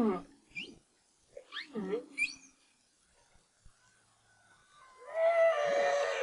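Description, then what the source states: Humpback whale song: rapid high chirps and squeaks, a thin steady whistle, then a loud harmonic wail at the end. Recorded in 2011 as part of the BRAHSS project.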